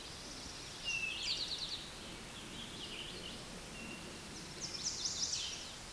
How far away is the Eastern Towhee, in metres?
about 5 m